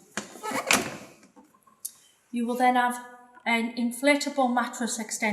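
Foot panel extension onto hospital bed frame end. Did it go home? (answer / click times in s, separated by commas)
yes / 0.7 s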